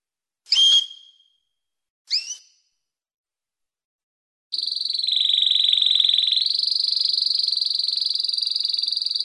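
Canary song: two short sharp chirps, then a long, very fast buzzing trill held high and steady, stepping slightly higher partway through.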